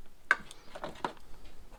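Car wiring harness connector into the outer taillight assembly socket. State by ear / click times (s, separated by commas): seated / 0.3 s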